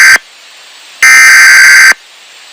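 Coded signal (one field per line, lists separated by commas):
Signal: Emergency Alert System (SAME) tones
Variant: header bursts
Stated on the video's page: Remake of a real severe thunderstorm warning.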